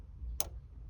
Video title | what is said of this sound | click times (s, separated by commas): 2019 Nissan Rogue fuel pump replacement (step by step) | all right so now you should hear that click | 0.4 s